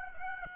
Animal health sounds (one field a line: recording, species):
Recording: mosquito wingbeat signal from an infrared sensor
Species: Aedes aegypti